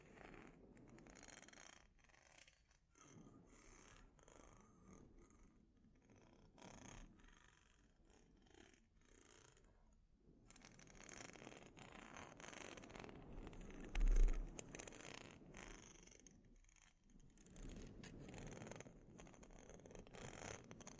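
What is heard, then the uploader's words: A scalp treatment with dense, continuous scratching and rustling, coming in waves that swell and ease every few seconds. The sound briefly thins near 3 and 10 seconds, then grows fuller, with a sharp louder scrape around 14 seconds. ASMR Sleep Inducing Scalp Treatment (No Talking).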